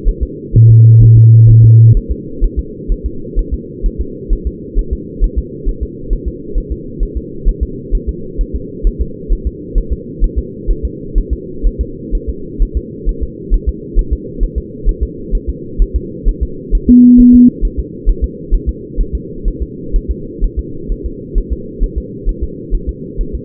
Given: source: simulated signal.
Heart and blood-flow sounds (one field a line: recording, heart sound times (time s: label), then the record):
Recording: fetal heart sounds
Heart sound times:
0.09 s: S1
0.23 s: S2
0.56 s: S1
0.70 s: S2
1.03 s: S1
1.17 s: S2
1.50 s: S1
1.64 s: S2
1.97 s: S1
2.11 s: S2
2.44 s: S1
2.59 s: S2
2.92 s: S1
3.06 s: S2
3.39 s: S1
3.54 s: S2
3.86 s: S1
4.01 s: S2
4.33 s: S1
4.47 s: S2
4.79 s: S1
4.93 s: S2
5.24 s: S1
5.39 s: S2
5.69 s: S1
5.83 s: S2
6.13 s: S1
6.28 s: S2
6.58 s: S1
6.72 s: S2
7.03 s: S1
7.17 s: S2
7.49 s: S1
7.63 s: S2
7.95 s: S1
8.09 s: S2
8.41 s: S1
8.55 s: S2
8.87 s: S1
9.02 s: S2
9.33 s: S1
9.47 s: S2
9.78 s: S1
9.93 s: S2
10.24 s: S1
10.38 s: S2
10.71 s: S1
10.85 s: S2
11.18 s: S1
11.33 s: S2
11.67 s: S1
11.81 s: S2
12.15 s: S1
12.29 s: S2
12.62 s: S1
12.77 s: S2
13.09 s: S1
13.23 s: S2
13.54 s: S1
13.69 s: S2
13.99 s: S1
14.13 s: S2
14.43 s: S1
14.58 s: S2
14.89 s: S1
15.03 s: S2
15.35 s: S1
15.49 s: S2
15.82 s: S1
15.96 s: S2
16.29 s: S1
16.43 s: S2
16.75 s: S1
16.89 s: S2
17.20 s: S1
17.35 s: S2
17.65 s: S1
17.80 s: S2
18.09 s: S1
18.24 s: S2
18.54 s: S1
18.69 s: S2
19.01 s: S1
19.15 s: S2
19.48 s: S1
19.62 s: S2
19.96 s: S1
20.11 s: S2
20.44 s: S1
20.59 s: S2
20.92 s: S1
21.06 s: S2
21.38 s: S1
21.53 s: S2
21.84 s: S1
21.98 s: S2
22.29 s: S1
22.43 s: S2
22.74 s: S1
22.89 s: S2
23.21 s: S1
23.35 s: S2
From the record:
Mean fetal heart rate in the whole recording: 130 bpm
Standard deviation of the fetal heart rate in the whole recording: 4 bpm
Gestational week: 38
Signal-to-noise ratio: -4.3 dB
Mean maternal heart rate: 72 bpm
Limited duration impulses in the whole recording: present